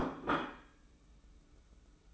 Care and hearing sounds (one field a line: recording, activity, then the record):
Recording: daily activity, microphone in the room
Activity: place plate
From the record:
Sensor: 1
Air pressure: 990.8 hPa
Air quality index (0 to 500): 132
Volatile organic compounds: 418 ppm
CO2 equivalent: 4700 ppm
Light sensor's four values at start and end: 23/54/23/25 and 23/54/23/25